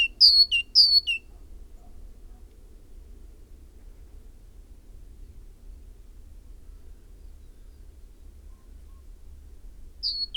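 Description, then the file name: Great tit song: three fast high-to-low whistled phrases at the start, then quiet, with one note returning at the end. "Parus major"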